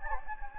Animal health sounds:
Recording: mosquito wingbeat signal from an infrared sensor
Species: Anopheles gambiae

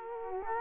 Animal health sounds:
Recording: mosquito wingbeat signal from an infrared sensor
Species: Culex quinquefasciatus

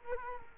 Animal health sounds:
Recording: mosquito wingbeat signal from an infrared sensor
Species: Culex quinquefasciatus

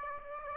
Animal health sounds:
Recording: mosquito wingbeat signal from an infrared sensor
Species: Aedes aegypti

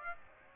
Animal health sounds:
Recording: mosquito wingbeat signal from an infrared sensor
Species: Aedes aegypti

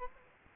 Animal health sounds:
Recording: mosquito wingbeat signal from an infrared sensor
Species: Culex quinquefasciatus

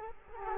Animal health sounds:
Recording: mosquito wingbeat signal from an infrared sensor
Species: Culex quinquefasciatus

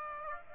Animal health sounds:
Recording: mosquito wingbeat signal from an infrared sensor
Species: Aedes aegypti

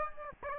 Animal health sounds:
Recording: mosquito wingbeat signal from an infrared sensor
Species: Aedes aegypti

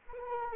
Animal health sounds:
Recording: mosquito wingbeat signal from an infrared sensor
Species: Anopheles arabiensis

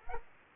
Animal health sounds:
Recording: mosquito wingbeat signal from an infrared sensor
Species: Culex quinquefasciatus

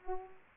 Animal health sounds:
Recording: mosquito wingbeat signal from an infrared sensor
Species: Culex pipiens

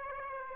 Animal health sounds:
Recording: mosquito wingbeat signal from an infrared sensor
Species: Aedes aegypti

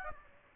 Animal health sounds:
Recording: mosquito wingbeat signal from an infrared sensor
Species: Aedes aegypti

